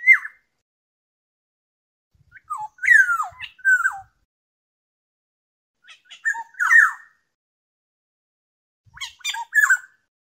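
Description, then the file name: Oriole song: short fluty whistled phrases with slurred, dropping notes, given in bursts about every three seconds with silent gaps between. "tieng chim vang anh"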